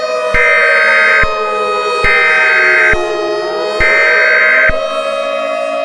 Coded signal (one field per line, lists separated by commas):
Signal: Emergency Alert System (SAME) tones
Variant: header bursts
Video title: EAS Scenario #8: Light's Rampage pt II; The Derailment/The Beginning Of The Best Part